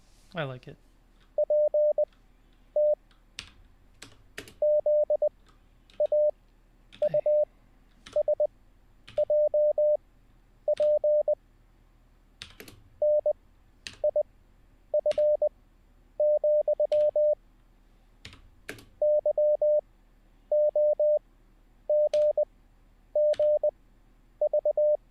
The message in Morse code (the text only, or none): EPT ZAUSJP NIF, YOGGV